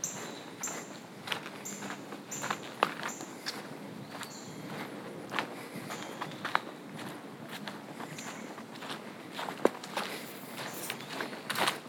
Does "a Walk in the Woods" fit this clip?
yes